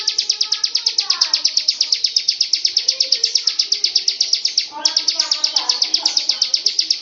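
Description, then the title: Lovebird song: a dense, pulsed high chatter with a short pause near five seconds, and lower warbled chirps mixed beneath it. Long 'ngekek' (ngekek panjang) song style. "Audio Lovebird Ngekek Panjang Ciblek"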